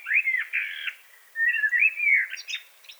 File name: Turdus merula